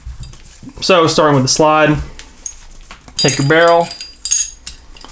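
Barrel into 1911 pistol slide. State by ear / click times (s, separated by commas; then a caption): seated / 4.3 s. During reassembly of a Ruger SR1911 Commander, the steel barrel is slid into the 1911 pistol slide while someone talks. A sharp metallic clink at 4.3 s marks the barrel seating and locking into place in the slide.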